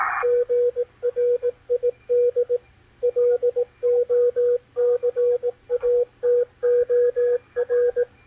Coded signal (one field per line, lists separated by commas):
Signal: Morse code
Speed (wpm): 20 wpm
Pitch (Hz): 490 Hz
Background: radio noise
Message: GRID LOCATOR